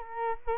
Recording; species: mosquito wingbeat signal from an infrared sensor; Culex quinquefasciatus